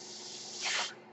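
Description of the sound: A soft, steady hiss with a faint low hum swells into a brief, louder puff of rushing air lasting about a third of a second, then settles back. It is the airflow of a home mechanical ventilator delivering a breath.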